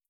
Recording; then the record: hydrophone in a shrimp aquaculture tank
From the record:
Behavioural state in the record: starved